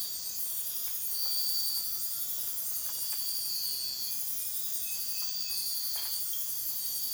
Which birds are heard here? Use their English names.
none